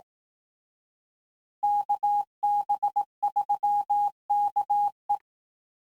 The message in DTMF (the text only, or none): none